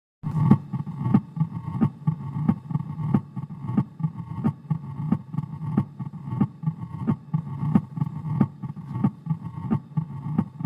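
Simulated heart sounds of mitral stenosis heard at the apex, with a low-pitched murmur between the repeating heart sounds, from a heart sound simulator.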